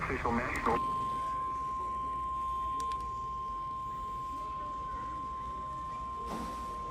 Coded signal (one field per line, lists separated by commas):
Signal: Emergency Alert System (SAME) tones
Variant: 1050 Hz attention tone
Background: speech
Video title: WORKING NINE THROUGH ZCZC-WXR... Severe Weather EAS Alerts from August 26th, 2024 (EAS #1,429-1,471)